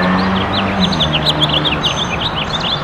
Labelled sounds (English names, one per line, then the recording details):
House Finch song
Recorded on Long Island, New York, on 23 June 2012
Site AP
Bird C